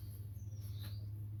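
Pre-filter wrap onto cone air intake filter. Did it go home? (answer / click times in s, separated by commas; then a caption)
no / none. A fabric air pre-filter wrap is worked by hand down over a cone air intake filter in a tight engine bay where it can't be seen. Soft rustling and faint scraping play over a steady low hum. The wrap is not all the way on, and nothing has clicked or seated yet.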